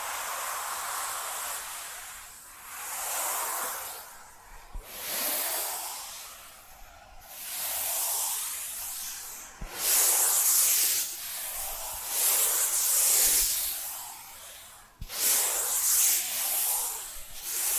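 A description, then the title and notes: Rhythmic scratching that swells and fades in soft hissing strokes roughly every two to three seconds, some brighter and rougher than others. A few sharp taps cut in around five, ten and fifteen seconds, with no other sounds behind. ASMR 10 Hypnotic Tapping & Scratching Sounds for DEEP SLEEP (No Talking).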